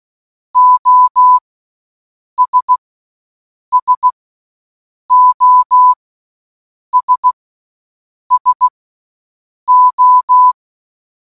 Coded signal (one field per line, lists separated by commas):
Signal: Morse code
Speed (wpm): 16 wpm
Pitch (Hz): 1000 Hz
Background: none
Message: OS SOS SO